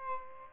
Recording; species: mosquito wingbeat signal from an infrared sensor; Aedes albopictus